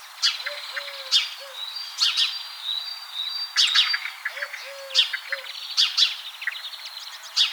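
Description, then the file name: European greenfinch, sharp chirping and twittering calls in quick bursts throughout, over low, soft hooting notes in two groups of three. "Chloris chloris"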